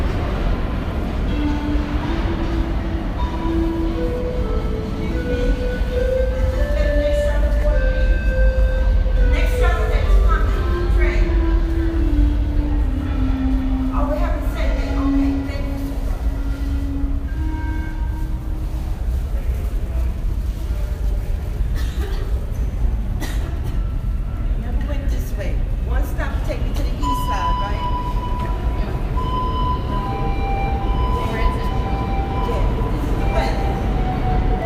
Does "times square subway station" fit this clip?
yes